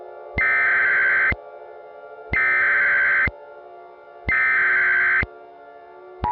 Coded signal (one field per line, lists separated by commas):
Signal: Emergency Alert System (SAME) tones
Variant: header bursts